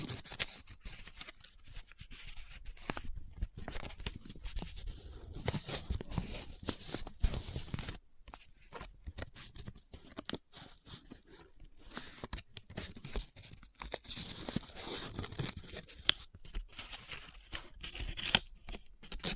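Paper is handled up close: folded, rubbed, scratched and crinkled in a dense, irregular stream of rustles and crackles. Brief sharp crinkles and tearing-like bursts punctuate the steady scraping, with a short quiet gap near eight seconds before the handling resumes.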